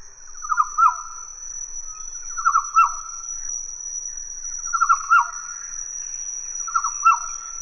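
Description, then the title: Black-naped oriole song: short mellow whistled phrases with a quick rolling start, repeated about every two seconds, over a steady thin high whine. "kepodang"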